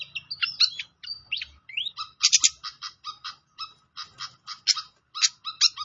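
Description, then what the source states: Pied fantail song of bright squeaky whistles and short chirps, delivered in quick clusters with brief gaps and a quiet background. Training recording (masteran) of a clear-voiced pied fantail.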